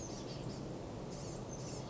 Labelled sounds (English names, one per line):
Blue-gray Gnatcatcher